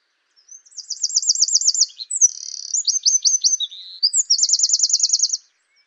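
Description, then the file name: Eurasian wren song: bright fast trill, then buzzing and staccato notes, then a second quick rattling trill, all very high and vigorous. "Troglodytes troglodytes"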